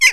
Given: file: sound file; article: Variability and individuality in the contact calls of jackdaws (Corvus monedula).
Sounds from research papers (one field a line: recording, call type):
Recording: jackdaw call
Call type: harmonic